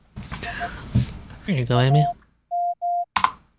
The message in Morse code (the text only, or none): I AM